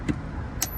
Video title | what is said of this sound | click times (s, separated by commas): City Vanlife - WAY Better than my Jerry Rigg'd version - EVOLVING VANLIFE! | Yeah. Ooh, that's a satisfying click. | 0.6 s